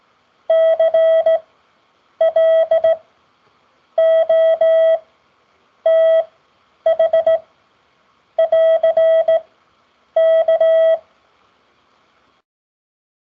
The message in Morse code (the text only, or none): CLOTH <AR> K